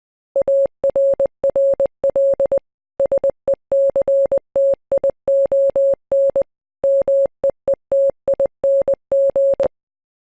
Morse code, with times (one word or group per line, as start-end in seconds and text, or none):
0.4-2.6 ARRL
3.0-6.4 SECTION
6.8-9.6 MEETING